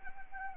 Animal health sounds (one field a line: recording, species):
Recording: mosquito wingbeat signal from an infrared sensor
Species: Anopheles arabiensis